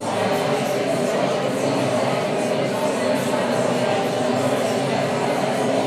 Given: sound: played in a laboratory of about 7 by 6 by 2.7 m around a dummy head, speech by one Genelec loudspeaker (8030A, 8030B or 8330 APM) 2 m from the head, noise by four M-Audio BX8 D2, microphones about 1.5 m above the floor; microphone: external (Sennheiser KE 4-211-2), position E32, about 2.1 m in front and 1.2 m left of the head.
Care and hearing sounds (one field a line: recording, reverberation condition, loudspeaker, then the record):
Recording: babble noise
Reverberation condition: high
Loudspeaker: four, about 170 cm from the corners of the room and facing them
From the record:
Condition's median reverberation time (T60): about 1300 ms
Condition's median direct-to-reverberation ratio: about -4.0 dB